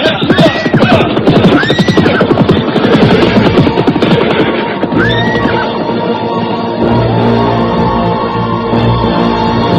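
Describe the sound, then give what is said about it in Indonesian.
A horse being ridden on a journey whinnies several times in rising, quavering calls over a busy patter of hooves, with the clatter easing into a steadier rumble during the second half. “Sekarang kita bisa kembali meneruskan perjalanan dengan kuda.”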